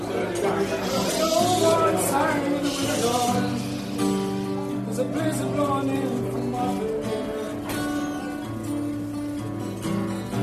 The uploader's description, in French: une chouette ambiance dans ce bar